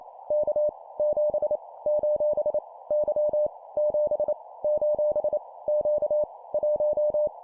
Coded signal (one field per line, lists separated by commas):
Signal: Morse code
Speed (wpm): 28 wpm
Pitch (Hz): 600 Hz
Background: none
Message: K 7 : Y 7 : Q 1